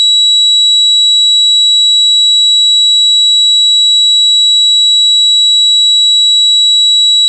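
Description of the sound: A steady, piercing high-pitched ringing tone with a thin hiss beneath it holds unchanged for about seven seconds. It is a synthesized sound effect imitating tinnitus, the constant ringing in the ears that a person with the condition hears.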